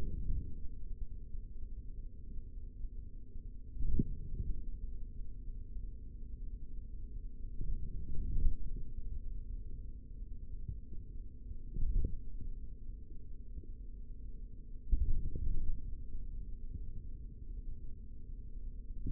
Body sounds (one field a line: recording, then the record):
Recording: forearm muscle sounds (acoustic myography)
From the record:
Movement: forearm supination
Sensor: system 3, bracelet of six PUI Audio POM-2738L microphones around the upper forearm, with dedicated amplification and filtering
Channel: 4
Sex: male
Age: 25 years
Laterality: right